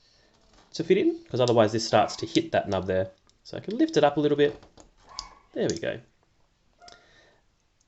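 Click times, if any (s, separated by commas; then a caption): 6.9 s. An arcade button part is lifted slightly to clear a nub and then pushed into its plastic housing while someone talks. It clicks into place at about 6.9 seconds and is left seated and stuck so it won't move.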